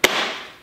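A rear wheel is pushed onto the axle of a Bugaboo Ant stroller and snaps on with a single sharp click at 0.0 s. A bright, fading tail follows for about half a second. The wheel is seated.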